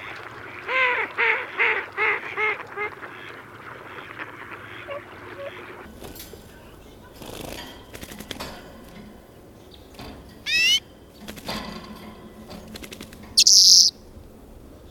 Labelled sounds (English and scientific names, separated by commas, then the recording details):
Mallard (Anas platyrhynchos) call
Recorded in the wild
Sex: male
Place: Putbus, Insel Rügen, Mecklenburg-Vorpommern, DE
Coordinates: 54.336, 13.464
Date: 1980-02-24
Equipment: Nagra III BH, Sennheiser MD 21, parabola
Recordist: Schubert, Michael